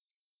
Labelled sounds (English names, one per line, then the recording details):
Yellowhammer song
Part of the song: start
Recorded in the Czech Republic on 5 May 2013
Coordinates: 50.512, 15.228
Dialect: BC
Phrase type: D51
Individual 285440